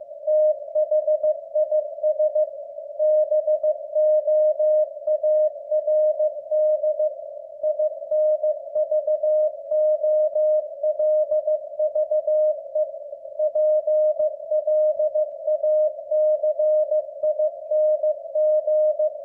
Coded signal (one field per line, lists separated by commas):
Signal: Morse code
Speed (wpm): 15 wpm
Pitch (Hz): 610 Hz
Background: none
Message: THIS BOARD INVOLVE PLACING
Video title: W1AW 15 WPM MORSE CODE PRACTICE - with captions